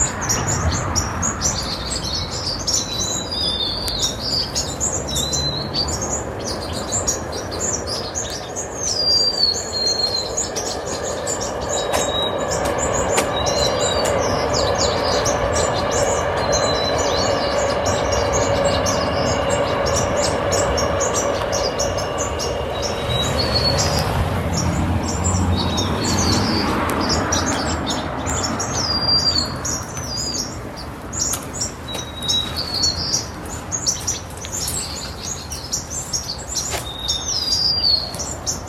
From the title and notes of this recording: The Songs of Sparrows. White-crowned and Golden-crowned Sparrows chirping and singing at a large communal winter roost in California.